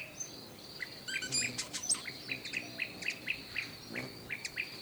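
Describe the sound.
Bird chirps, a lively run of short bright notes with quick high flicks, over a faint steady insect hiss.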